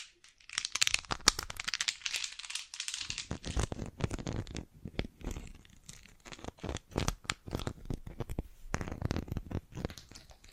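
Jewelry and bracelets are handled in a box, with dense crinkling and rustling for the first few seconds, bright and hissy. After that come irregular clicks and clattering taps, quick clusters of sharp hits with short pauses, some fuller and lower, continuing to the end.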